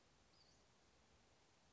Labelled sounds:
Western Flycatcher (Empidonax difficilis)
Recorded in Sonoma County, California

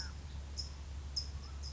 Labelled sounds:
California Towhee (Melozone crissalis)
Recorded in Sonoma County, California

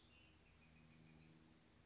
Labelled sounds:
Bewick's Wren (Thryomanes bewickii)
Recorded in Sonoma County, California

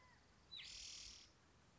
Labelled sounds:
Spotted Towhee (Pipilo maculatus)
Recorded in Sonoma County, California

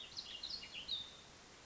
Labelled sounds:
Warbling Vireo (Vireo gilvus)
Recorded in Sonoma County, California

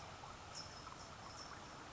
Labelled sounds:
California Towhee (Melozone crissalis)
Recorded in Sonoma County, California

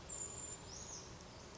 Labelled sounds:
Brown Creeper (Certhia americana)
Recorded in Sonoma County, California

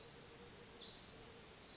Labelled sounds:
Pacific Wren (Troglodytes pacificus)
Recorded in Sonoma County, California

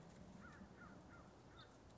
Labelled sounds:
American Crow (Corvus brachyrhynchos)
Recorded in Sonoma County, California

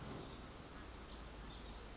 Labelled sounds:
Pacific Wren (Troglodytes pacificus)
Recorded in Sonoma County, California

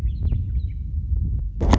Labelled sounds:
Western Meadowlark (Sturnella neglecta)
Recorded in Sonoma County, California

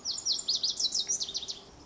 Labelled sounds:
Lazuli Bunting (Passerina amoena)
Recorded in Sonoma County, California

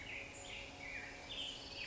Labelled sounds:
Black-headed Grosbeak (Pheucticus melanocephalus)
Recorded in Sonoma County, California

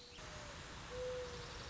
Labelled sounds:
Mourning Dove (Zenaida macroura)
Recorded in Sonoma County, California

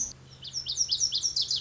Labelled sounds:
Lazuli Bunting (Passerina amoena)
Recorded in Sonoma County, California

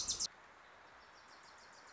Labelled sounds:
Wilson's Warbler (Cardellina pusilla)
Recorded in Sonoma County, California

